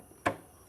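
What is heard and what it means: A second Youthman WALL OF SOUND outdoor speaker from OSD Audio is moved around on its overhead wall mounting bracket until a single sharp click sounds at 0.3 s. The speaker is seated on the bracket.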